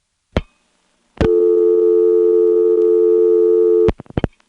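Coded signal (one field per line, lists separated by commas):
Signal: telephone call progress tone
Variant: North America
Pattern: dial tone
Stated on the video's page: Telephone call progress tones from a senderized step-by-step switching office in Lexington, South Carolina.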